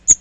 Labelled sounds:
Magnolia Warbler (Setophaga magnolia) flight call

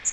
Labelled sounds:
Magnolia Warbler (Setophaga magnolia) flight call

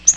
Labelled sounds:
Yellow-rumped Warbler (Setophaga coronata) flight call

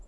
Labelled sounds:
Hermit Warbler (Setophaga occidentalis) flight call

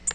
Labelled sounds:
Tennessee Warbler (Leiothlypis peregrina) flight call

